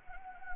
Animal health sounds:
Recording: mosquito wingbeat signal from an infrared sensor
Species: Anopheles arabiensis

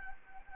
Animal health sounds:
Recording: mosquito wingbeat signal from an infrared sensor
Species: Anopheles arabiensis

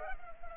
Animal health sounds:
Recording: mosquito wingbeat signal from an infrared sensor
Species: Culex pipiens

